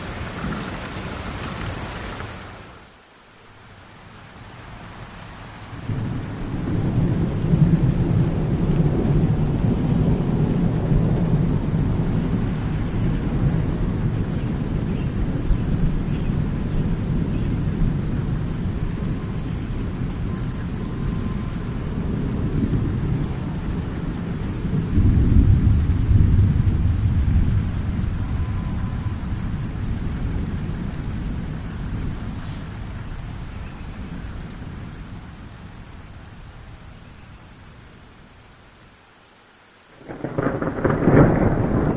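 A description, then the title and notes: A heavy thunderstorm with deep rolling thunder that swells from about six seconds, peaks again near twenty-five, then slowly fades toward a near-silent lull before forty seconds. A steady hiss of rain runs underneath, and a louder burst returns at the very end. Heavy Thunderstorm Sounds.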